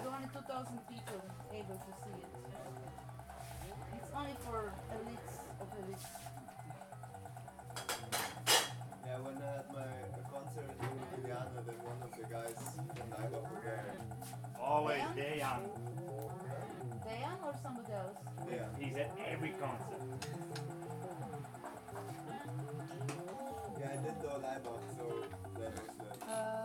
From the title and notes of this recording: Half an hour walk around the camp and collecting the sounds.